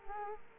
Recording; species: mosquito wingbeat signal from an infrared sensor; Culex quinquefasciatus